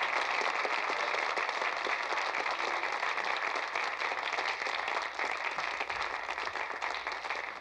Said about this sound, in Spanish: Un aplauso para Francine Evans.